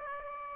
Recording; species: mosquito wingbeat signal from an infrared sensor; Aedes aegypti